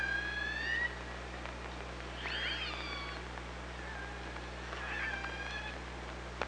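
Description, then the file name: Killer whale calls: a loud rising tone with stacked harmonics opens, then two more wavering, pulsed calls follow over a constant low hum and hiss. OrcaLab hydrophone, 24 August 2017. "Orca Lab 20170824"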